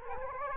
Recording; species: mosquito wingbeat signal from an infrared sensor; Culex quinquefasciatus